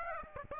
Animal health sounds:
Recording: mosquito wingbeat signal from an infrared sensor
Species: Aedes aegypti

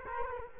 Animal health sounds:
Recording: mosquito wingbeat signal from an infrared sensor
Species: Culex quinquefasciatus

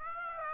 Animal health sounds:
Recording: mosquito wingbeat signal from an infrared sensor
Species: Aedes aegypti

